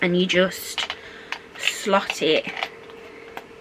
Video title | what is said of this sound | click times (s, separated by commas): Huge Makeup Haul! Natasha Denona Retro Palette, Giorgio Armani, Glowish. | inside and it like clicks into place | 3.4 s